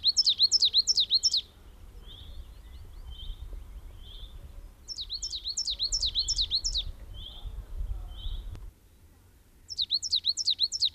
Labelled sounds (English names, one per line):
Coal Tit song